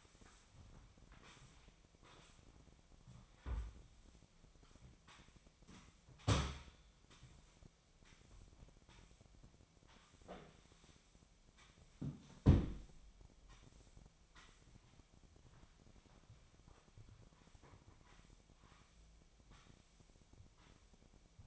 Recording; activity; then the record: daily activity, microphone in the room; sweep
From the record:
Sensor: 1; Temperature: 25.6 degrees Celsius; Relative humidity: 38.0%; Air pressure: 1007.0 hPa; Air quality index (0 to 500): 205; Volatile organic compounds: 23 ppm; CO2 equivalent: 2771 ppm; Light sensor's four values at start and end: 12/32/12/14 and 12/31/12/14